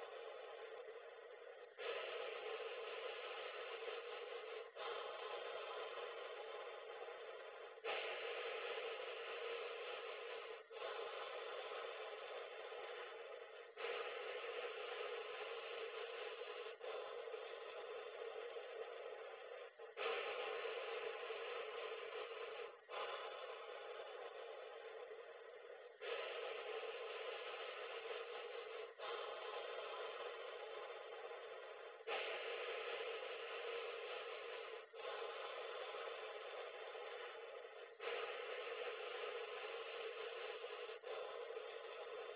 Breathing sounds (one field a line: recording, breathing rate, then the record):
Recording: paced breathing near a phone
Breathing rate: 10 breaths a minute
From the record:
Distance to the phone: 40 cm